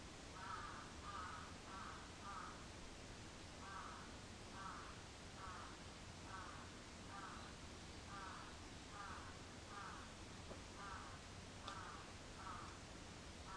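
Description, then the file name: Crow calling in a long run of hoarse caws, fairly even in spacing, over a steady hiss of background noise. Recorded 14 July 2022 at 06:37. "karasu-in 220714 0637"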